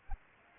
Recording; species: mosquito wingbeat signal from an infrared sensor; Aedes aegypti